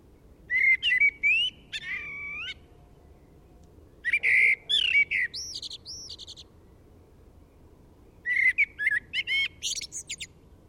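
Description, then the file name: Eurasian blackbird singing three fluty whistled phrases, each of warbling notes ending in higher squeaky twitters, separated by pauses of about two seconds, over faint background hiss. "Turdus merula"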